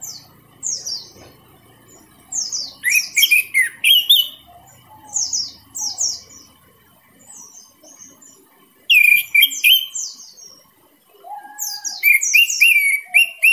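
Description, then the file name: Orange-headed thrush singing long, varied bursts of high descending whistles and loud ringing slurred phrases, with pauses between outbursts and faint low rumble early on. Indonesian name anis merah; singing intensely and continuously, described with the bird-keeping song terms teler, gacor and dor. "suara anis merah teler gacor dor"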